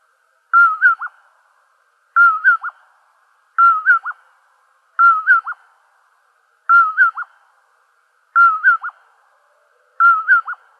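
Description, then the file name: Common poorwill song, a whistled three-note phrase with a short falling end note, repeated steadily about every one and a half seconds, seven times, against a quiet background. Recorded in Arizona on 23 April 2003. "COPO 2 deviche"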